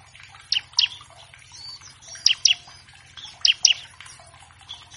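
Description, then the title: Bar-winged Prinia song: several pairs of bright chips over soft continuous twittering and a low hum. Vigorously singing (gacor) ciblek used as a master track to train all kinds of captive birds; a lure meant to make birds sing quickly. "Masteran Ciblek Gacor Vs Kenari Gacor Untuk Masteran Semua Jenis Burung. Pancingan Ciblek bahan agar cepat bunyi. Burung Ciblek"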